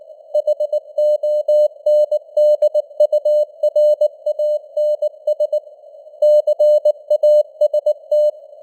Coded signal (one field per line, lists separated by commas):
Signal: Morse code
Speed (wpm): 19 wpm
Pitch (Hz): 600 Hz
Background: none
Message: HONDURANS CAST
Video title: Morse Code News | 2025-12-01 | 19wpm